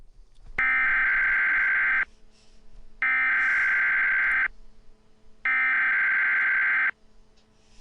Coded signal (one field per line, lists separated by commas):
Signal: Emergency Alert System (SAME) tones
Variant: header bursts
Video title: EAS Mock - The Facility Part 1 (note: the phone number at the end is fake)